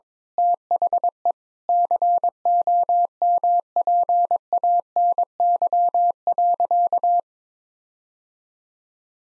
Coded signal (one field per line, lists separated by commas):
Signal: Morse code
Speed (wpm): 22 wpm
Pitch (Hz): 700 Hz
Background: none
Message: THE COMPANY.